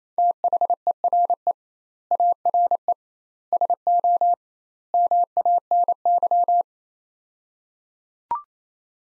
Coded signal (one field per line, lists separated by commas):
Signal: Morse code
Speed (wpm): 28 wpm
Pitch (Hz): 700 Hz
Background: none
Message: THERE ARE SO MANY